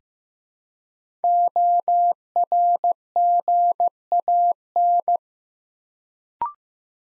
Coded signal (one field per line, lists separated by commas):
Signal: Morse code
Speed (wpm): 15 wpm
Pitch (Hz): 700 Hz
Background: none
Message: ORGAN